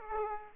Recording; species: mosquito wingbeat signal from an infrared sensor; Aedes aegypti